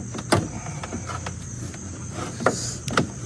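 The back clips of a plastic 3D front grille on a non-GT Mustang Mach-E are pressed into the stock mounting holes in the car's front fascia, with the top of the grille lined up first. Sharp, loud snaps ring out at 0.3, 2.5 and 3.0 seconds over a steady background hum. The grille clips seat into place.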